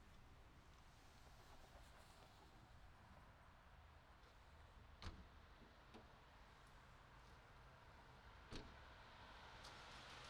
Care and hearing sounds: everyday scene through a hearing-aid microphone; in traffic; traffic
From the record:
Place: city secondary road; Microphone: in the ear canal, right

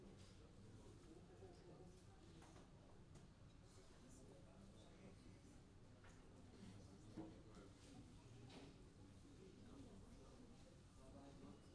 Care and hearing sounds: everyday scene through a hearing-aid microphone; many people talking; many voices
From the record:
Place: university cafeteria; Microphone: in the ear canal, left

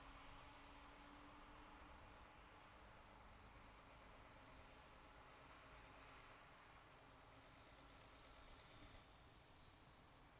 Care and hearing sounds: everyday scene through a hearing-aid microphone; in traffic; traffic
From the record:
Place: city secondary road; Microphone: in the ear canal, left

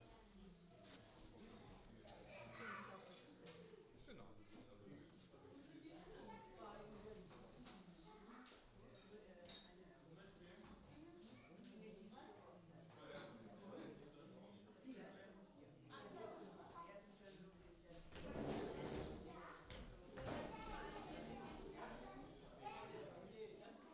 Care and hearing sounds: everyday scene through a hearing-aid microphone; many people talking; many voices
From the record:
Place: parish hall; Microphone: in the ear canal, left

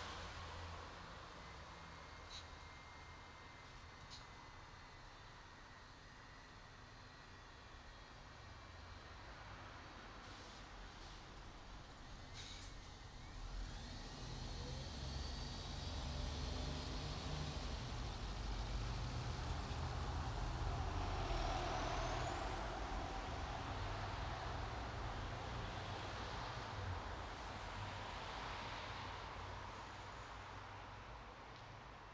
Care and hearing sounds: everyday scene through a hearing-aid microphone; in traffic; traffic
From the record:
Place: bus stop on a city main road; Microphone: in the ear canal, right

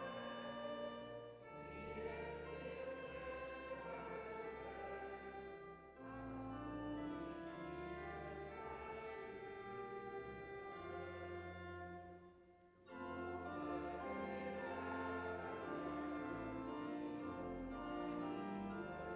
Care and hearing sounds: everyday scene through a hearing-aid microphone; reverberant space; music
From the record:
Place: church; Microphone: behind the ear, left, rear

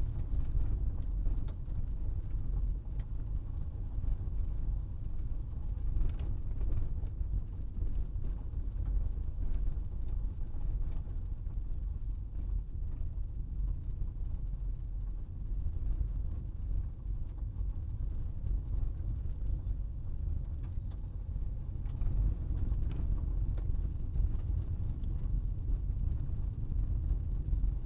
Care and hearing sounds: everyday scene through a hearing-aid microphone; in a vehicle; engine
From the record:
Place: Berlingo II, diesel engine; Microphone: in the ear canal, right

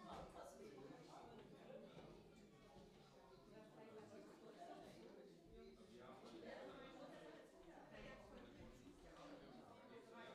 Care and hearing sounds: everyday scene through a hearing-aid microphone; many people talking; many voices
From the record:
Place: parish hall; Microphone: in the ear canal, left

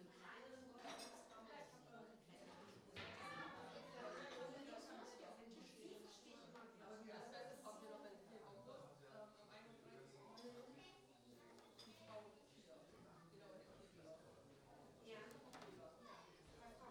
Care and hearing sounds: everyday scene through a hearing-aid microphone; many people talking; many voices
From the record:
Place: parish hall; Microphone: in the ear canal, right

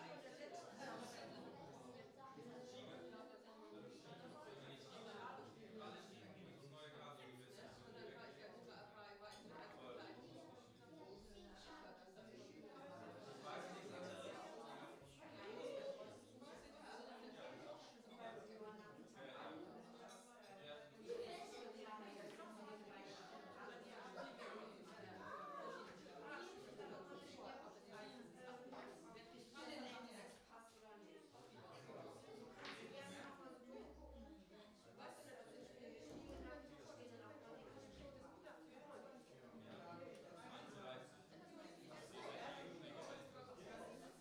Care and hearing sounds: everyday scene through a hearing-aid microphone; many people talking; many voices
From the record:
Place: parish hall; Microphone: in the ear canal, right

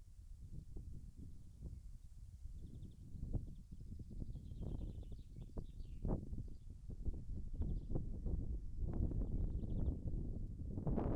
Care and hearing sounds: everyday scene through a hearing-aid microphone; wind on the microphone; wind, birds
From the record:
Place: in front of a rural house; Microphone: behind the ear, left, rear

